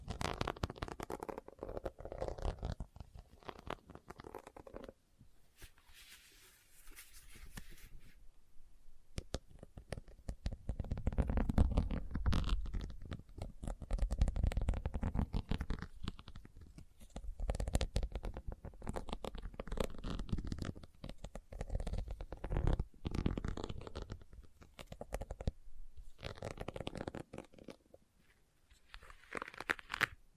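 Leather being tapped and scratched, with dense, rustling friction that rarely stops across the half minute. Low thumps and rubbing sounds mix with brighter scratchy strokes, and a smoother hiss stands out around the sixth to eighth second before the rough scratching returns.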